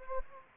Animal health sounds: mosquito wingbeat signal from an infrared sensor; Anopheles gambiae

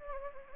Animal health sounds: mosquito wingbeat signal from an infrared sensor; Anopheles gambiae

